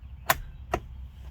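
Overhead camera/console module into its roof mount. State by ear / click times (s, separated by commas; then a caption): seated / 0.3 s, 0.7 s. The overhead windshield camera/console module of a Tesla Model 3 is set straight back up into its roof mount and clipped in, after checking that the autopilot camera connectors are fully clipped. Two sharp clicks sound at 0.3 s and 0.7 s over a low background hum. The module is seated in place.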